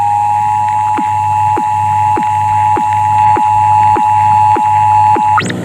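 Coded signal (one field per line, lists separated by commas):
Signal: Emergency Alert System (SAME) tones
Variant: 853 and 960 Hz attention tone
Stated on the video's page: Recreated EAS alert interrupting a television cartoon broadcast.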